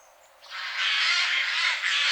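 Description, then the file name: Eurasian jay giving a rough, rasping screech that swells in and holds steady, with a brief dip near the end. "Garrulus glandarius"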